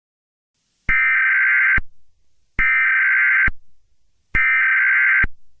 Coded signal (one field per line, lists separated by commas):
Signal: Emergency Alert System (SAME) tones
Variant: header bursts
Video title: (FAKE) EAS TORNADO WARNING BULLETIN- AUGUST 23, 2022